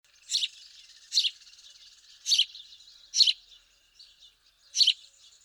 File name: Passer domesticus